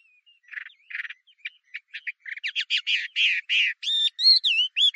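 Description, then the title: Chinese hwamei song: a series of short notes building in loudness, ending in clear rising and falling whistled phrases repeated several times a second. "画眉鸟的叫声"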